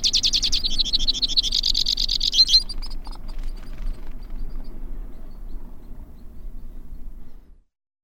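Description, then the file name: White-winged crossbill song: a single rattling trill of about two and a half seconds, followed by a faint low rumble until it fades out. "suara kicauan burung white winged crossbill. omkicau"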